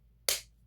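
A fragrance cap, one not in the competition, is pressed onto the neck of a perfume bottle to demonstrate a lid that clicks. A single sharp, bright click is heard at 0.3 s over a faint low hum and fades within about two tenths of a second. The cap clicks into place and is seated.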